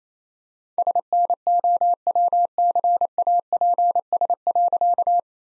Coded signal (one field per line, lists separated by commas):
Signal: Morse code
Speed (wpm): 28 wpm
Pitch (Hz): 700 Hz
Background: none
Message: SNOWCAPS.